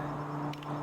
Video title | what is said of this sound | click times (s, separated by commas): Name Badge Assembly | and you can hear a nice click. It goes nice firmly in. | 0.6 s